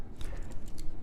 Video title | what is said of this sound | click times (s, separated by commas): How to change the battery on your Subaru key fob | You're gonna hear a little snap. There you go. | 0.2 s, 0.8 s